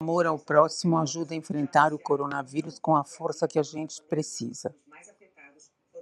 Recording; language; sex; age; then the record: spoken sentence; Brazilian Portuguese; female; 70 to 79 years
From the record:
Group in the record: control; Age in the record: 70 years